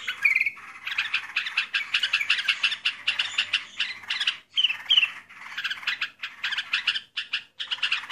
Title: burung rucukan